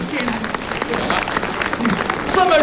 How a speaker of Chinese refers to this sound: 哦，嫌掌声不够热烈是吧？